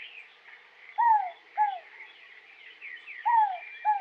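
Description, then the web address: Inca dove two-note cooing call, a pair of short falling hoots given twice, over a background of high chirping birds. Western North America. "Dan Gibson Wildlife Identification By Sound, Western North America. Inca Dove"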